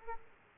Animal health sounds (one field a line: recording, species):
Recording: mosquito wingbeat signal from an infrared sensor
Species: Aedes aegypti